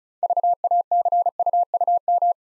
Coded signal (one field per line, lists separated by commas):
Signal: Morse code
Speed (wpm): 35 wpm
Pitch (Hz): 700 Hz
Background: none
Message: VACUUM